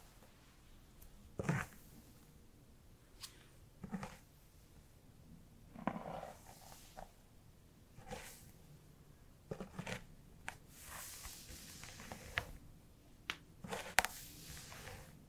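Hair being brushed and handled, heard as scattered soft rustles and scratchy strokes spaced a second or two apart. The sounds are brief and uneven, with a sharper bright swish near 1.5 seconds and clicks around 12 and 14 seconds, over a quiet, low hum.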